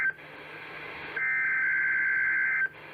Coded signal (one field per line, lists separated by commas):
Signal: Emergency Alert System (SAME) tones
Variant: header bursts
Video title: EAS #161-162: Required Weekly Test